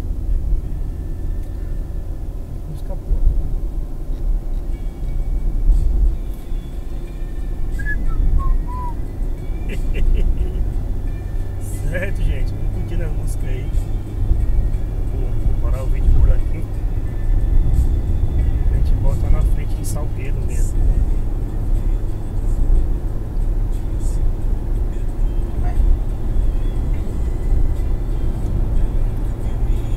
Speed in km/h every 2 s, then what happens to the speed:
52, 56, 60, 63, 67, 72, 76, 80, 82, 84, 87, 89, 91, 92, 93.
0-30 speeds up to 93.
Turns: none.